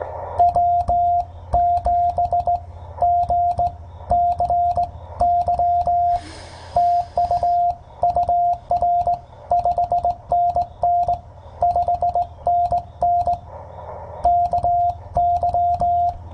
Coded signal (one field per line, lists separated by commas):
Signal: Morse code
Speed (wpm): 17 wpm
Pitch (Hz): 700 Hz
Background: radio noise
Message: W7GCY TU UR 5NN 5NN KY